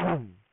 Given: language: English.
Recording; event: throat vibration sensor signal played as sound; throat clearing